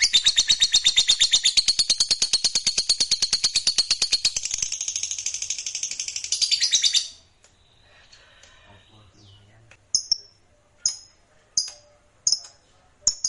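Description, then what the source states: Lovebird song: a dense, shrill chattering trill for about seven seconds, a brief quiet, then sharp single chirps roughly once a second. Lovebird kept as a fighter bird, singing energetically (gacor).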